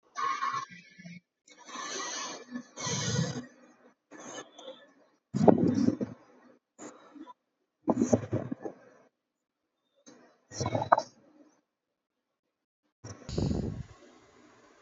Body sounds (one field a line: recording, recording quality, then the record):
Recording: deep breathing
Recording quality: moderate, slight background noise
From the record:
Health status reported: healthy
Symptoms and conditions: none ticked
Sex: male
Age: 32 years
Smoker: not ticked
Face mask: not worn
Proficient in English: yes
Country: India